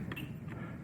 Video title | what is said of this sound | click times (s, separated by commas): Ventilateur WhisperGreen® SelectTM de la série FV-0511VKS1 – Tutoriel d’entretien et de nettoyage | We're going to plug our Molex back in. You'll hear click. | 0.1 s